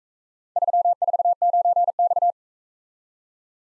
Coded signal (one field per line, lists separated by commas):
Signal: Morse code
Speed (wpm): 40 wpm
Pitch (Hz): 700 Hz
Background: none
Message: 349X